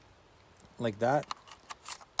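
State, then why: Seated. Someone talks briefly while a flight battery is pushed back into the battery bay of a NEHEME Tracker NH760 HD camera drone, followed by a few faint light clicks and rattles. At 2.2 s a sharp snap is heard as the battery locks into place, confirming it is seated.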